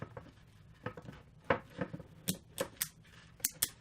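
A plastic ratcheting tie is pulled through the slot in its locking head to join furniture panels together. Sharp clicks sound at 1.5, 2.3, 2.8, 3.5 and 3.6 seconds as the teeth lock, with quieter rustling between pulls. The tie cinches tight and holds the panels in place.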